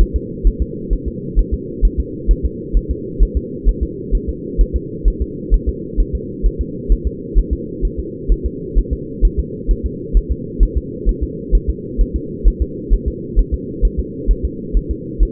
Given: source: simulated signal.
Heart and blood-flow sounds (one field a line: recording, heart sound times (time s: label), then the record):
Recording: fetal heart sounds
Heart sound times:
0.01 s: S1
0.16 s: S2
0.47 s: S1
0.62 s: S2
0.93 s: S1
1.08 s: S2
1.39 s: S1
1.54 s: S2
1.85 s: S1
2.00 s: S2
2.31 s: S1
2.45 s: S2
2.77 s: S1
2.91 s: S2
3.23 s: S1
3.37 s: S2
3.69 s: S1
3.83 s: S2
4.15 s: S1
4.29 s: S2
4.61 s: S1
4.76 s: S2
5.08 s: S1
5.22 s: S2
5.54 s: S1
5.69 s: S2
6.00 s: S1
6.15 s: S2
6.46 s: S1
6.61 s: S2
6.92 s: S1
7.07 s: S2
7.38 s: S1
7.53 s: S2
7.85 s: S1
7.99 s: S2
8.32 s: S1
8.46 s: S2
8.78 s: S1
8.93 s: S2
9.25 s: S1
9.40 s: S2
9.71 s: S1
9.86 s: S2
10.17 s: S1
10.32 s: S2
10.63 s: S1
10.77 s: S2
11.09 s: S1
11.23 s: S2
11.55 s: S1
11.70 s: S2
12.01 s: S1
12.16 s: S2
12.48 s: S1
12.62 s: S2
12.94 s: S1
13.08 s: S2
13.39 s: S1
13.54 s: S2
13.85 s: S1
13.99 s: S2
14.31 s: S1
14.45 s: S2
14.77 s: S1
14.91 s: S2
15.23 s: S1
From the record:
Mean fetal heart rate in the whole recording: 130 bpm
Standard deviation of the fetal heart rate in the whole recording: 2 bpm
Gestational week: 36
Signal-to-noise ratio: -4.1 dB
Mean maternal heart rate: no maternal heart sound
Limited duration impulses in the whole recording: absent